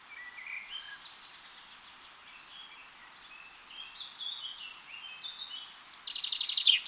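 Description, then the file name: Common chaffinch singing: scattered thin whistled notes build into a rapid, loud trill of repeated notes over the final seconds. "Fringilla coelebs"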